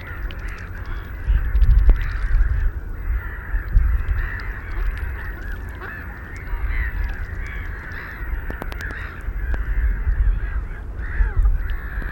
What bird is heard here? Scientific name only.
Clangula hyemalis